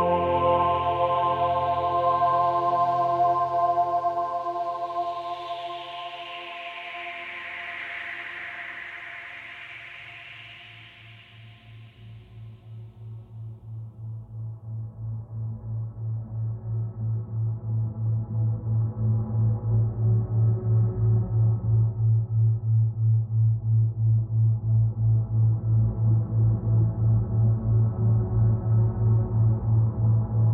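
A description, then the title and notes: A low binaural thrum pulses steadily under soft, sustained tones. Early on, a bright airy swell rises and fades by about twelve seconds, then the deep throb grows stronger and more regular, with gentle string-like tones drifting above through the end. An expectant thrum sets the tone, as the softest strings begin to slowly strum. A duet between a Delta Wave binaural beat.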